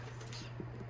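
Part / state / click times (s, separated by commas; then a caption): lid onto plastic food storage container / not seated / none. A lid is being pressed onto a Rubbermaid hard plastic airtight food storage container, its seal not yet locked in place. Faint handling sounds sit over a steady low hum, with small bumps near 0.3 and 0.6 seconds. Nothing has seated or clicked yet.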